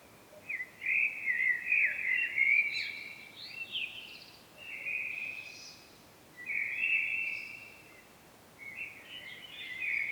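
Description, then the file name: Common blackbird song: several mellow fluty phrases separated by short pauses, some ending in higher twittering, against quiet background hiss. "Turdus merula"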